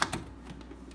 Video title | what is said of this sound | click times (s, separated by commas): First PC Build - Part 1 - Northumbria Horror Society | line up and then you'll hear this click into place | 0.0 s